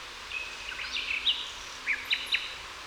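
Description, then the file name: Common nightingale song phrases: a thin whistle and a few varied notes, a pause, then three short sharp notes, with a steady hiss behind. "Luscinia megarhynchos"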